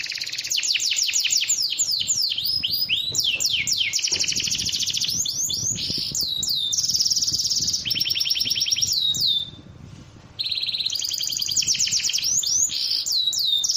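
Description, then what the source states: Bird song with rapid high trills, sharp sweeping notes and chattering phrases, running nonstop except for a pause of about a second near the tenth second. Compilation of bird songs presented as masteran, tutoring material for songbirds.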